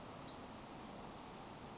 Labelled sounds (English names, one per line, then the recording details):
Western Flycatcher
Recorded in Sonoma County, California